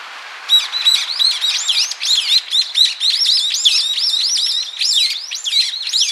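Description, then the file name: Brown-eared bulbul calls: a dense stream of loud, squeaky, arching notes tumbling over one another, high-pitched and continuous. "Ixos amaurotis"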